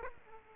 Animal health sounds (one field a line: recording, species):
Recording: mosquito wingbeat signal from an infrared sensor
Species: Aedes aegypti